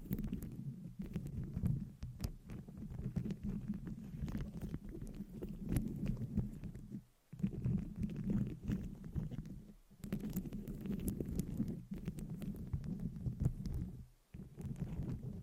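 Scratching on a microphone with long nails makes a dense, steady low rubbing and scraping sound, broken by frequent sharp taps and clicks throughout. Brief pauses cut in near 7, 10 and 14 seconds before the scratching resumes.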